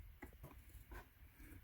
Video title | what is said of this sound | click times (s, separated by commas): Hobao/OFNA Hyper 10 TTe Rear Diff Access and Oil Change | all right i'm gonna start putting back pop the diff case back on you'll hear a snap | 0.2 s